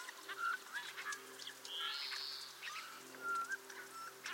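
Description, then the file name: Eurasian bullfinch giving soft, low piping whistles, two short plaintive notes a few seconds apart, amid other faint sounds. "Pyrrhula pyrrhula"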